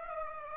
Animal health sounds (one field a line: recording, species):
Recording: mosquito wingbeat signal from an infrared sensor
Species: Aedes aegypti